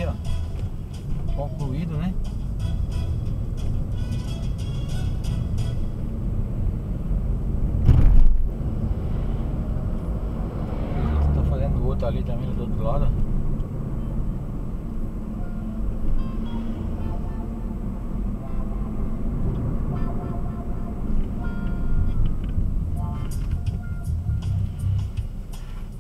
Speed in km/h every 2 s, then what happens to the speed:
23, 31, 35, 40, 44, 48, 52, 55, 57, 51, 27, 8, 6.
0-16 speeds up to 57. 16-26 brakes to 6.